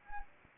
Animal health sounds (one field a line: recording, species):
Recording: mosquito wingbeat signal from an infrared sensor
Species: Anopheles arabiensis